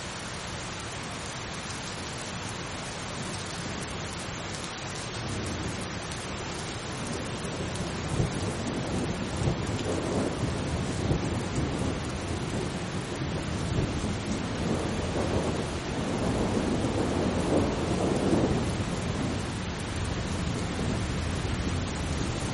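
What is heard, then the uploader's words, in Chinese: Steady rain falls in a dense, even hiss across the whole stretch, with a low rumble of thunder swelling underneath from about eight seconds on and peaking near fifteen to eighteen seconds. The downpour stays constant while the deep rolling grows slightly louder before easing. 助眠雷雨声：平静的雨。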